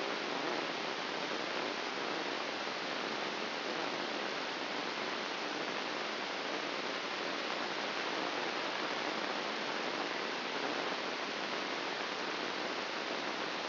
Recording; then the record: brain microelectrode recording played as sound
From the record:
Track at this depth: inside the subthalamic nucleus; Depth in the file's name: 4.03 mm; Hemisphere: left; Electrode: 2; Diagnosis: Parkinson's disease